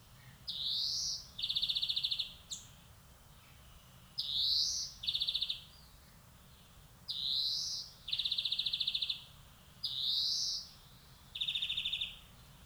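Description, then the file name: European greenfinch calls: a short rising note followed by a flat, buzzy trill, the pair repeated four times about every three seconds. "Chloris chloris"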